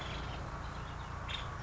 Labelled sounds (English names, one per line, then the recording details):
Nuttall's Woodpecker
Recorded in Sonoma County, California